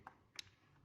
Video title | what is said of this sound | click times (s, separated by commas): Materi Pembelajaran "Perbaikan Sistem Pendingin Kendaraan" Tune Up Sistem Pendingin | sampai terkunci Oke Setelah itu kita | 0.1 s, 0.4 s